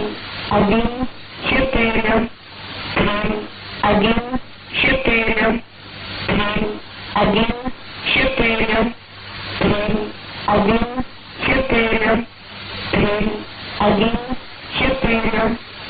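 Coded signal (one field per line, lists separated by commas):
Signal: numbers station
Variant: S06s Russian Lady, Russian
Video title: 01 02 2018 S06s Russian Lady numbers station in Russian to Eu 0940 on 9540 unknown tx site in CUSB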